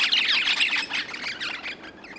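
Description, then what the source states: Crimson rosella group chirping, a burst of overlapping shrill, chattering chirps fading over two seconds. A group of birds chirping.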